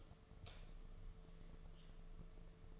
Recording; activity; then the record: daily activity, microphone in the room; light off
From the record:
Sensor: 4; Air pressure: 1015.6 hPa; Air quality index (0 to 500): 183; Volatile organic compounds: 8 ppm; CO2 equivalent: 2117 ppm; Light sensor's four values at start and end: 14/34/14/14 and 13/31/12/12